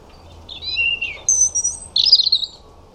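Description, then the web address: European robin song in three short phrases: a wavering high whistle, a sustained very high thin note, then a fast jangling twitter. "Deverinetal 2025 File origin Bird Only Er Ru"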